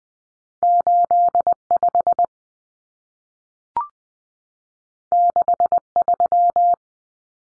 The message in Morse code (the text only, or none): 85 63